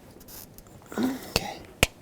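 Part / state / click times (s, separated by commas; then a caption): 4WD hub locking solenoid into its mounting bracket / seated / 1.4 s, 1.8 s. A new 4WD disengage solenoid for a 1997–2003 Ford F-150 is slid up into its mounting bracket. It only snaps in when it is lined up. Someone talks briefly, then sharp clicks sound at 1.4 s and 1.8 s as the solenoid snaps into place and is seated.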